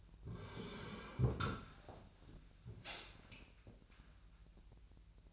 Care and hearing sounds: daily activity, microphone in the room; sit down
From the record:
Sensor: 2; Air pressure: 1001.4 hPa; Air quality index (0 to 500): 242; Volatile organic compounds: 75 ppm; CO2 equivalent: 3567 ppm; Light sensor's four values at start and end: 9/20/9/9 and 11/25/11/11

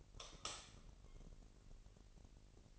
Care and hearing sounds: daily activity, microphone in the room; light off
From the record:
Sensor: 4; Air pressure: 1002.7 hPa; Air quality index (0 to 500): 249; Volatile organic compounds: 13 ppm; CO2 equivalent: 2421 ppm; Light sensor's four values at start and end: 7/16/6/7 and 6/14/6/6

